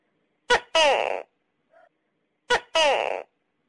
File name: Tieng con tac ke keu